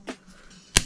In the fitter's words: I mean you hear that snap I don't think that's moving around